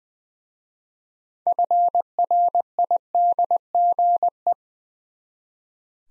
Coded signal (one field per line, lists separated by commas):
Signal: Morse code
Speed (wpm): 20 wpm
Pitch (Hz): 700 Hz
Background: none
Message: FRIDGE